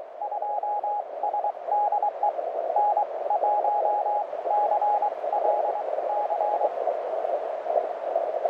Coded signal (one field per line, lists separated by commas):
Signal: Morse code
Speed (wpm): 24 wpm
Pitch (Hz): 830 Hz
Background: radio noise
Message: 2 SDE N1CLC